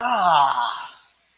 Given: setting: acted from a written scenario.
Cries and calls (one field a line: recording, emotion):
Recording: vocal sound without words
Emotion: disgust